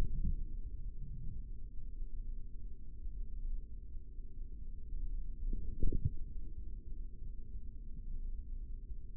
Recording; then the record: forearm muscle sounds (acoustic myography)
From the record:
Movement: forearm pronation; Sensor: system 3, bracelet of six PUI Audio POM-2738L microphones around the upper forearm, with dedicated amplification and filtering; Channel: 3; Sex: male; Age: 55 years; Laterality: right